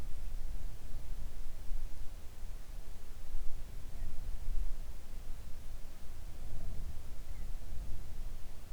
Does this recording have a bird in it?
no